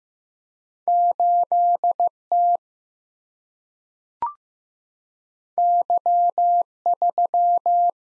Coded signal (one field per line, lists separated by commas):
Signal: Morse code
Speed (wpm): 15 wpm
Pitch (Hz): 700 Hz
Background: none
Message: 8T Y3